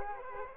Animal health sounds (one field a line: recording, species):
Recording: mosquito wingbeat signal from an infrared sensor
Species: Culex quinquefasciatus